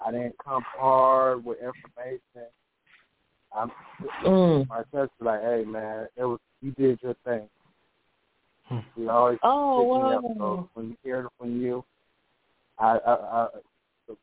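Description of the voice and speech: Adult male speech with stretched vowels, restarts and long pauses: stuttering. The speaker stutters a lot.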